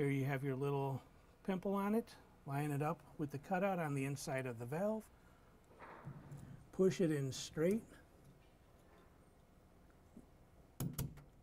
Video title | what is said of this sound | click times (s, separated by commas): Grohe Rapido SmartBox Installation | it goes you'll feel it pop into place snug | 10.8 s, 11.0 s